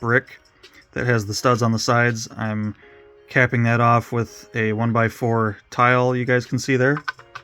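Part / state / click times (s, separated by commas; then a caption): 1x4 tile onto modified 1x4 brick / not seated / none. Someone talks while handling a plastic Lego 1x4 tile, about to press it onto a modified 1x4 Lego brick with studs on the sides to cap it off. Nothing has seated or clicked yet.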